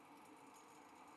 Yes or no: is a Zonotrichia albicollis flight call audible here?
no